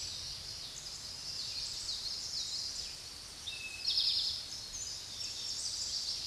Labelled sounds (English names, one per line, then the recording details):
Eastern Towhee song
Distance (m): 30 m
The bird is about level with the microphone
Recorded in a Pennsylvania forest on 16 May 2024 at 06:10
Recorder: AudioMoth, point MSD-0788
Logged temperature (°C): 16.6 °C
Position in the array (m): 106 m, 7 m